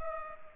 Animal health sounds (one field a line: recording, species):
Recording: mosquito wingbeat signal from an infrared sensor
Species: Culex pipiens